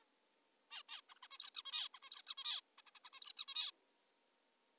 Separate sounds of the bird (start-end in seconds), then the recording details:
0.71-0.83, 0.89-1.01, 1.10-1.14, 1.16-1.19, 1.23-1.28, 1.31-1.38, 1.39-1.50, 1.55-1.62, 1.65-1.88, 1.95-1.99, 2.03-2.10, 2.11-2.22, 2.27-2.34, 2.38-2.60, 2.78-2.82, 2.87-2.91, 2.95-2.99, 3.05-3.10, 3.13-3.20, 3.22-3.32, 3.37-3.45, 3.48-3.71. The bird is an adult. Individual g19o3U